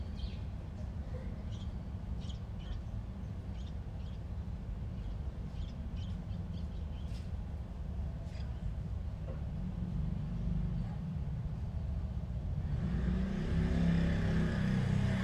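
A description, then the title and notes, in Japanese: Morning after rain in Suginami, with a steady low rumble of traffic filling the background throughout. Faint, brief bird chirps flick in and out during the first nine seconds. Near the end a vehicle swells louder, bringing a brighter hiss that builds to the close. 朝の杉並。雨上がりの朝です。鳥が鳴いてます。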